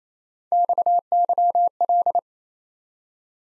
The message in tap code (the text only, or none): none